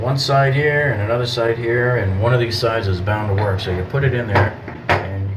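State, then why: Seated. A metal dumbbell-style drain wrench is pushed down into a bathtub drain opening until its lugs engage the drain's crossbars. Someone talks throughout, and a sharp metallic clunk at 4.9 s marks the wrench locking into place in the drain.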